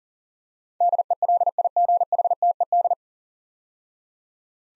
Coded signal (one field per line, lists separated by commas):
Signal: Morse code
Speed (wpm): 38 wpm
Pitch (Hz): 700 Hz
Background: none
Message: DELIGHTED